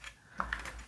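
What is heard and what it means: A small latching wire-to-board connector from a linear power supply mod for a Lumin U2 Mini is pushed into its header socket on the circuit board. Two sharp clicks land at 0.4 s and 0.5 s, with a softer tick near 0.9 s. The latch, which keeps the connector from pulling out, engages and the connector is seated.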